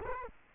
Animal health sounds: mosquito wingbeat signal from an infrared sensor; Culex quinquefasciatus

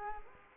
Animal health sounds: mosquito wingbeat signal from an infrared sensor; Culex quinquefasciatus

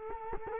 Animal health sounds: mosquito wingbeat signal from an infrared sensor; Culex quinquefasciatus

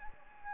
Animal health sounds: mosquito wingbeat signal from an infrared sensor; Anopheles gambiae

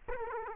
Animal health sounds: mosquito wingbeat signal from an infrared sensor; Aedes aegypti

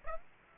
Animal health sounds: mosquito wingbeat signal from an infrared sensor; Aedes aegypti

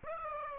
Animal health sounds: mosquito wingbeat signal from an infrared sensor; Aedes aegypti

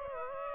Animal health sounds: mosquito wingbeat signal from an infrared sensor; Aedes aegypti

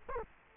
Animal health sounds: mosquito wingbeat signal from an infrared sensor; Culex quinquefasciatus

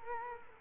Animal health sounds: mosquito wingbeat signal from an infrared sensor; Culex quinquefasciatus

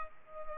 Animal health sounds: mosquito wingbeat signal from an infrared sensor; Culex pipiens

